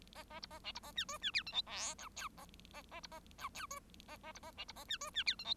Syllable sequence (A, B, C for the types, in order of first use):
A A B A C B A D E D F G H I J K A A A B A J K E A A B A C B A D E D F G H